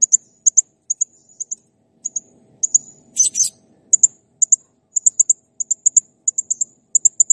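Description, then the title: Blue-crowned hanging parrot ticking in rapid high-pitched pairs and triplets, with one harsher rasping burst midway and a low faint murmur beneath. Masteran training recording of clear, prolific calling (gacor jernih), used to tutor cage birds. "Masteran Burung Serindit Ll Masteran Serindit Gacor Jernih"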